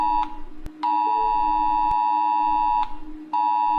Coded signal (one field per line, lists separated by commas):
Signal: Emergency Alert System (SAME) tones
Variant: 853 and 960 Hz attention tone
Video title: Jack Paul Rates EAS Alarms (4)